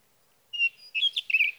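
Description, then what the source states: Sage thrasher song starting after a short silence: a clear whistled note, then a quick jumble of buzzy, warbling notes. Male singing through the night near his night roost, evening of June 12 to morning of June 15, 2018, Sierra Valley, California; Swift recorder.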